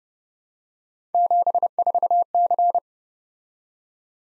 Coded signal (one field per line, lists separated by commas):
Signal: Morse code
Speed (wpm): 30 wpm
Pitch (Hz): 700 Hz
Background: none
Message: 74C